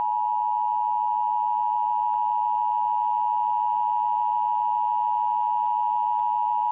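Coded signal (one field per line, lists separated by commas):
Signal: Emergency Alert System (SAME) tones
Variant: 853 and 960 Hz attention tone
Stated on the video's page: Simulated EAS alert, a blizzard warning for New York City, made as a realistic scenario.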